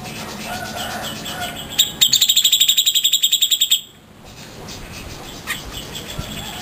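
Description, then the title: Grey-cheeked bulbul song: one short burst of rapid, repeated high notes, with steady hiss before and after. Song used to train cage birds. "Cucak Jenggot Masteran Durasi Panjang"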